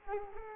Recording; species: mosquito wingbeat signal from an infrared sensor; Culex quinquefasciatus